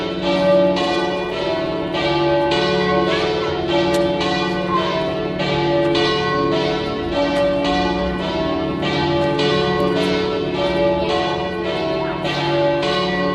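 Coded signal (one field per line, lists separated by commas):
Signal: bell signal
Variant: swinging peal, three bells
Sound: several large church bells swinging and ringing continuously, overlapping strikes about every half second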